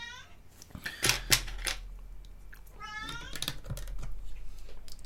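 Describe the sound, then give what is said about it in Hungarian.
A cat named Obika meows twice, with rising and falling harmonic cries, alongside scattered clicks and clatters of small plastic Lego pieces being handled while someone builds Lego. No one speaks. “Közben Obikát hallhatjátok, ahogy problémázik a háttérben.”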